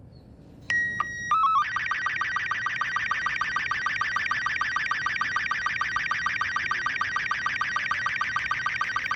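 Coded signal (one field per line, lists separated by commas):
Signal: SSTV (slow-scan television)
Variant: Robot 36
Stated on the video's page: SSTV images sent from a Baofeng 888s handheld radio, encoded with an Android app.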